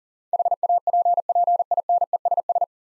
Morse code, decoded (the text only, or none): HAPPINESS